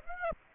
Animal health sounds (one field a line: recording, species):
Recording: mosquito wingbeat signal from an infrared sensor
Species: Aedes aegypti